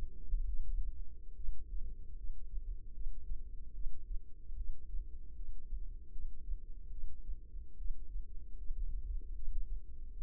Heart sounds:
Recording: heart sounds by microphone in the left ear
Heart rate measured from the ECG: 75 bpm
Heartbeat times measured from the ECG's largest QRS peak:
0.47 s: heartbeat
1.36 s: heartbeat
2.16 s: heartbeat
2.93 s: heartbeat
3.74 s: heartbeat
4.56 s: heartbeat
5.35 s: heartbeat
6.11 s: heartbeat
6.91 s: heartbeat
7.77 s: heartbeat
8.57 s: heartbeat
9.35 s: heartbeat
10.13 s: heartbeat
From the record:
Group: healthy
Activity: rest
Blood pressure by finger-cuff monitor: 134/80 mmHg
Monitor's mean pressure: 99 mmHg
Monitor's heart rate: 75 bpm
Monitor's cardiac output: 6.9 L/min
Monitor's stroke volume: 94 mL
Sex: female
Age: 22 years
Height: 161 cm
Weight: 65.5 kg

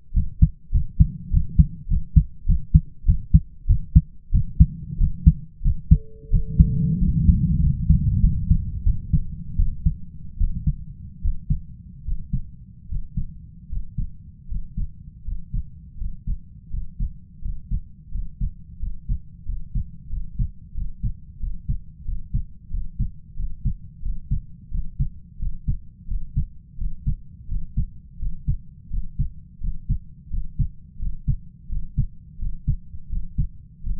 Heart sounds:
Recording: heart sounds by stethoscope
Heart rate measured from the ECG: 87 bpm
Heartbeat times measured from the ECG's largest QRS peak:
0.13 s: heartbeat
0.71 s: heartbeat
1.30 s: heartbeat
1.88 s: heartbeat
2.46 s: heartbeat
3.05 s: heartbeat
3.67 s: heartbeat
4.31 s: heartbeat
4.98 s: heartbeat
5.62 s: heartbeat
6.30 s: heartbeat
6.99 s: heartbeat
7.60 s: heartbeat
8.20 s: heartbeat
8.83 s: heartbeat
9.56 s: heartbeat
10.38 s: heartbeat
11.21 s: heartbeat
12.04 s: heartbeat
12.88 s: heartbeat
13.68 s: heartbeat
14.47 s: heartbeat
15.24 s: heartbeat
15.97 s: heartbeat
16.69 s: heartbeat
17.41 s: heartbeat
18.10 s: heartbeat
18.79 s: heartbeat
19.45 s: heartbeat
20.09 s: heartbeat
20.74 s: heartbeat
21.39 s: heartbeat
22.04 s: heartbeat
22.70 s: heartbeat
23.36 s: heartbeat
24.02 s: heartbeat
24.70 s: heartbeat
25.38 s: heartbeat
26.07 s: heartbeat
26.77 s: heartbeat
27.48 s: heartbeat
28.18 s: heartbeat
28.90 s: heartbeat
29.60 s: heartbeat
30.30 s: heartbeat
30.98 s: heartbeat
31.68 s: heartbeat
32.38 s: heartbeat
33.09 s: heartbeat
33.83 s: heartbeat
From the record:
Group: healthy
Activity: rest 0-6 s, breath hold 6-34 s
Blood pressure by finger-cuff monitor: 104/60 mmHg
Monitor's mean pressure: 73 mmHg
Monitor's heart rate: 89 bpm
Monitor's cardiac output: 5.9 L/min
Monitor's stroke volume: 66 mL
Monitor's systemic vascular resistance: 820 dyn s/cm5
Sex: male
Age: 20 years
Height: 167 cm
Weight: 61 kg

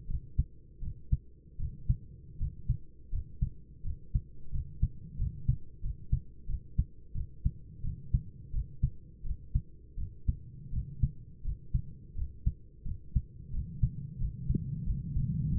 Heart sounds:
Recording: heart sounds by stethoscope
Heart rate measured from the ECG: 86 bpm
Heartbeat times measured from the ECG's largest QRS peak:
0.08 s: heartbeat
0.81 s: heartbeat
1.59 s: heartbeat
2.39 s: heartbeat
3.11 s: heartbeat
3.84 s: heartbeat
4.52 s: heartbeat
5.18 s: heartbeat
5.82 s: heartbeat
6.47 s: heartbeat
7.14 s: heartbeat
7.83 s: heartbeat
8.53 s: heartbeat
9.24 s: heartbeat
9.97 s: heartbeat
10.72 s: heartbeat
11.44 s: heartbeat
12.15 s: heartbeat
12.85 s: heartbeat
13.52 s: heartbeat
14.19 s: heartbeat
14.85 s: heartbeat
15.51 s: heartbeat
From the record:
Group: healthy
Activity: rest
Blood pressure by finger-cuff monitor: 113/59 mmHg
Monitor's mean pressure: 76 mmHg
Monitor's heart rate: 86 bpm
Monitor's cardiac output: 9.7 L/min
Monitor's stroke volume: 114 mL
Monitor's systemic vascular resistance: 560 dyn s/cm5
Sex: male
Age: 24 years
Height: 184 cm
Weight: 89 kg

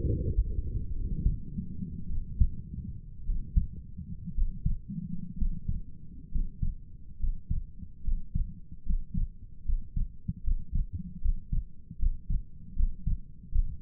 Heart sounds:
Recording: heart sounds by stethoscope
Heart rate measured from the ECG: 67 bpm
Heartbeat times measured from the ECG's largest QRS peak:
0.07 s: heartbeat
0.95 s: heartbeat
2.09 s: heartbeat
3.26 s: heartbeat
4.36 s: heartbeat
5.39 s: heartbeat
6.32 s: heartbeat
7.20 s: heartbeat
8.05 s: heartbeat
8.86 s: heartbeat
9.66 s: heartbeat
10.44 s: heartbeat
11.22 s: heartbeat
12.00 s: heartbeat
12.77 s: heartbeat
13.53 s: heartbeat
From the record:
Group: healthy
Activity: rest 0-3 s, breath hold 3-14 s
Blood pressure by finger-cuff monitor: 89/52 mmHg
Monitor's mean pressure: 60 mmHg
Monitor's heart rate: 72 bpm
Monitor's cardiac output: 6.3 L/min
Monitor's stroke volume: 91 mL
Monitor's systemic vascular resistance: 770 dyn s/cm5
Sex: male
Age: 22 years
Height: 181 cm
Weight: 79 kg

